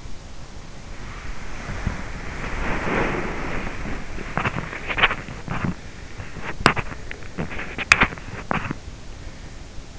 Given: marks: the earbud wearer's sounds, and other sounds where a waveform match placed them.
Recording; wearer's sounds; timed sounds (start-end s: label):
sounds in sleep by an in-ear microphone; body movement
0.00-9.67 s: body movement